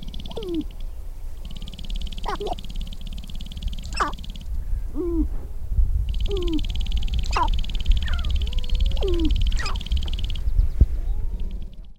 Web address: Sharp-tailed Grouse